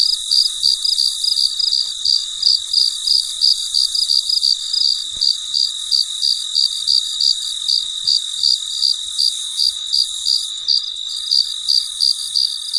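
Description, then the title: Cricket song of rapid high chirps, about three per second, layered over a continuous shrill buzz. Recorded late at night; very quiet. "深夜录制蟋蟀昆虫声"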